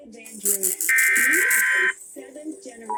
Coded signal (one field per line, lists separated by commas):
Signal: Emergency Alert System (SAME) tones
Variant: header bursts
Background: speech